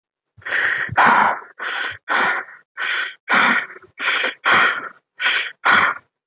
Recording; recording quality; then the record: shallow breathing; excellent, no background noise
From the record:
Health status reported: respiratory illness, not identified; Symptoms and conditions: asthma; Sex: male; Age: 30 years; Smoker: yes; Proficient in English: yes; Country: India